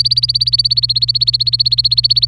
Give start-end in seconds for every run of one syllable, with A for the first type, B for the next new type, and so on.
0.00-2.28 A